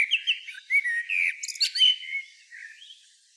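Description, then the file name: Common blackbird song: a short run of mellow warbled whistles with a scratchy high flourish, tailing off into faint soft notes. "Turdus merula"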